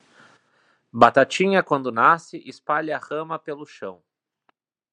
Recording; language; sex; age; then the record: short text; Brazilian Portuguese; male; 20 to 29 years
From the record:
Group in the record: control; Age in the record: 27 years